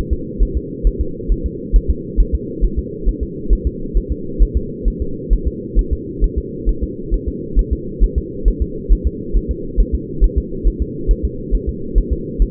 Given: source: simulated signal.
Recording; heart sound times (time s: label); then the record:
fetal heart sounds
0.13 s: S2
0.43 s: S1
0.57 s: S2
0.87 s: S1
1.01 s: S2
1.32 s: S1
1.46 s: S2
1.76 s: S1
1.90 s: S2
2.20 s: S1
2.35 s: S2
2.64 s: S1
2.79 s: S2
3.09 s: S1
3.23 s: S2
3.53 s: S1
3.67 s: S2
3.97 s: S1
4.12 s: S2
4.42 s: S1
4.57 s: S2
4.88 s: S1
5.02 s: S2
5.33 s: S1
5.48 s: S2
5.79 s: S1
5.93 s: S2
6.24 s: S1
6.38 s: S2
6.69 s: S1
6.83 s: S2
7.14 s: S1
7.28 s: S2
7.59 s: S1
7.73 s: S2
8.04 s: S1
8.18 s: S2
8.48 s: S1
8.62 s: S2
8.92 s: S1
9.07 s: S2
9.37 s: S1
9.51 s: S2
9.80 s: S1
9.95 s: S2
10.24 s: S1
10.38 s: S2
10.68 s: S1
10.82 s: S2
11.11 s: S1
11.25 s: S2
11.55 s: S1
11.69 s: S2
11.98 s: S1
12.12 s: S2
12.42 s: S1
From the record:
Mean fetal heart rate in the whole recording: 135 bpm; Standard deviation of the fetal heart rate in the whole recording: 3 bpm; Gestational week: 36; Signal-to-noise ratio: -4.3 dB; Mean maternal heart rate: 72 bpm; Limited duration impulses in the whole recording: present